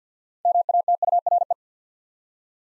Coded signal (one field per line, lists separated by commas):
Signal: Morse code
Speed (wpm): 50 wpm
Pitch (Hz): 700 Hz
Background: none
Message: MATURE